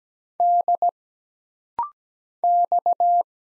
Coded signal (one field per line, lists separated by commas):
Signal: Morse code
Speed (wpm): 17 wpm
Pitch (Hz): 700 Hz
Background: none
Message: D X